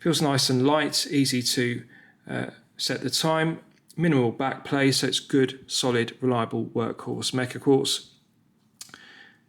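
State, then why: Seated. Someone talks about a Militado ML1868 quartz chronograph watch, then pushes its pulled-out crown back into the case to its run position. A sharp click sounds at 8.8 s, with two faint ticks after it. The crown seats with a positive click and the seconds hand restarts.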